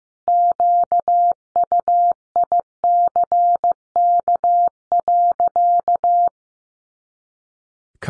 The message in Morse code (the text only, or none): QUICK.